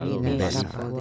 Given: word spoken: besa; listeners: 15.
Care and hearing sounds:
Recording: one Spanish word in noise, from a listening test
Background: four-talker babble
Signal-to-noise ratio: -2.2 dB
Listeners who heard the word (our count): 3 of 15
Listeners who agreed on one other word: 8 of 15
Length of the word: 0.61 s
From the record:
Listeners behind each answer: 8, 3, 2, 1, 1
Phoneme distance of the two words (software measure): 10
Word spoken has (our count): 2 syllables, 4 phonemes, stress on syllable 1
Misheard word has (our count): 2 syllables, 4 phonemes, stress on syllable 1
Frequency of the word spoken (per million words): 7.20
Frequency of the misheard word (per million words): 9.79

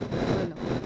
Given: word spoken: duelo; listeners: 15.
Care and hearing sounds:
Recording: one Spanish word in noise, from a listening test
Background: noise modulated by three-talker babble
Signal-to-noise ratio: -6.1 dB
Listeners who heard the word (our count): 0 of 15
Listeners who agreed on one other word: 8 of 15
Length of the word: 0.46 s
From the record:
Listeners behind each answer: 8, 1, 1, 1, 1, 1, 1, 1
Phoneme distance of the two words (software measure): 10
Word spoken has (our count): 2 syllables, 5 phonemes, stress on syllable 1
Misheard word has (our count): 2 syllables, 5 phonemes, stress on syllable 1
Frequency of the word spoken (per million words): 15.98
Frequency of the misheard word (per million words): 134.80

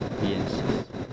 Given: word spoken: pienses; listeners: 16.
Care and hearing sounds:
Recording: one Spanish word in noise, from a listening test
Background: noise modulated by three-talker babble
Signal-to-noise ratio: -5.8 dB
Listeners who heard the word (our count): 1 of 16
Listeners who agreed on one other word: 14 of 16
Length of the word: 0.73 s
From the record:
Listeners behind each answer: 14, 1, 1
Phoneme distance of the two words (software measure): 10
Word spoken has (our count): 2 syllables, 7 phonemes, stress on syllable 1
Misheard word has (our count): 2 syllables, 7 phonemes, stress on syllable 1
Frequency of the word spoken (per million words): 2.46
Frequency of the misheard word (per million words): 8.94

